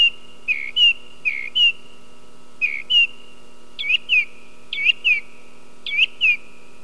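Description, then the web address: Song thrush singing clear whistled double notes, each short phrase repeated several times in a row over a faint constant hum. "sons oiseaux grive musicienne"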